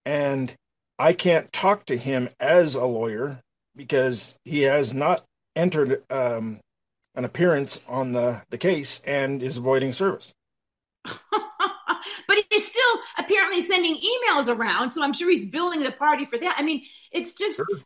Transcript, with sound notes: And I can't talk to him as a lawyer, because he has not entered, um, an appearance on the, the case and is avoiding service.
(laughs) But he's still apparently sending emails around, so I'm sure he's billing the party for that. I mean, it's just-
Sure.